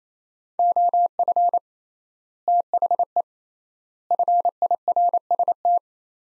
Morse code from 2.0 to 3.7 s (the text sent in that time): THE